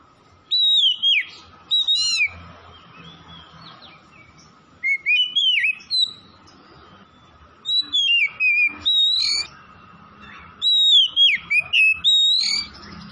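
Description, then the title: Oriental magpie-robin pouring out repeated bursts of loud, swooping whistles and chirps, four phrases in quick succession with short pauses. Tretes, singing vigorously (gacor). "Kacer Tretes"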